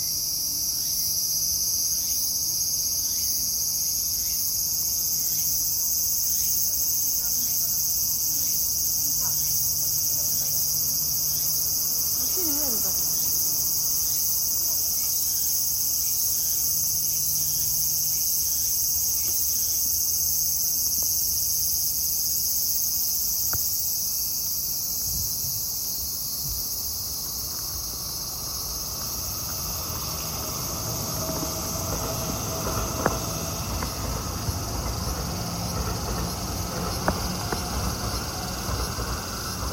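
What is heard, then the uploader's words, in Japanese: Cicadas drone steadily throughout, a dense, shrill, unbroken buzz high in pitch that holds nearly constant for the whole forty seconds. Underneath, a low rumble and faint hum come and go, and after about thirty seconds a few soft knocks and clicks sound. 2021年の蝉の声。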